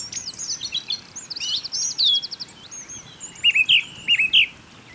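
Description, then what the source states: Birds singing busy, high chattering phrases and fast trills, ending with several loud repeated whistled notes, over soft hiss. Birds singing beside a small river.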